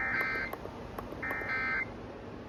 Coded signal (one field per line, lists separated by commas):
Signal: Emergency Alert System (SAME) tones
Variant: end-of-message bursts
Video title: EAS- Finally, A Proper Monthly! (6/25/25)